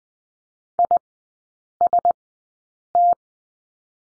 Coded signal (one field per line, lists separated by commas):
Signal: Morse code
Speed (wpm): 20 wpm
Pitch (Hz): 700 Hz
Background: none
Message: IST